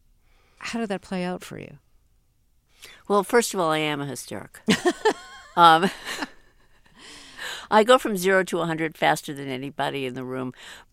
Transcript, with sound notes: how did that play out for you?
Well, first of all, I am a hysteric.
(LAUGHTER)
I go from zero to 100 faster than anybody in the room.